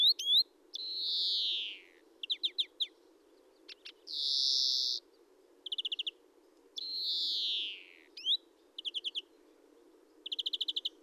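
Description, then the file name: European greenfinch alternating drawn-out descending buzzy wheezes with brief metallic trills, the pattern repeated twice, plus a flat nasal buzz in the middle. "Chloris chloris"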